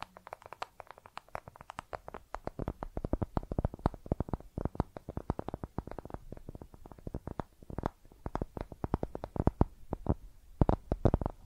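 Makeup is tapped and scratched in quick, uneven bursts, each tap a sharp click that runs from a low thud to a bright tick. The taps come densely through the whole clip, several per second, with brief pauses around the eighth and tenth seconds.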